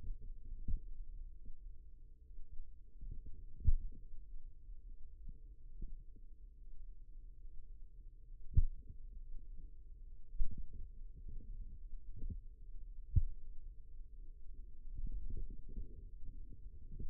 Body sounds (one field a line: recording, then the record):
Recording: forearm muscle sounds (acoustic myography)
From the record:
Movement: finger pinch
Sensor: system 2, bracelet of six BSWA MPA416 microphones around the upper forearm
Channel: 4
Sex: male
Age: 22 years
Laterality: right